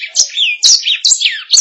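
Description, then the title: Canary song fragment of a few bright chirps with smooth falling whistled slurs between them. "BM Suara Kenari"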